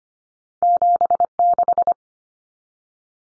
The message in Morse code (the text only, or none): 76